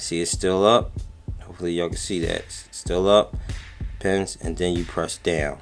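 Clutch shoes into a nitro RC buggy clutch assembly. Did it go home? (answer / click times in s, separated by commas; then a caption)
no / none. Clutch shoes are lined up with the pins on a Novarossi nitro RC buggy clutch assembly and pressed down while someone talks, with faint handling sounds under the voice. The clip ends just before the shoes snap into place, so nothing has seated yet.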